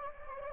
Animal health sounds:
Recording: mosquito wingbeat signal from an infrared sensor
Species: Anopheles arabiensis

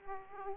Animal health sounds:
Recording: mosquito wingbeat signal from an infrared sensor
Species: Aedes aegypti

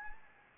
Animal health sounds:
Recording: mosquito wingbeat signal from an infrared sensor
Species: Anopheles gambiae

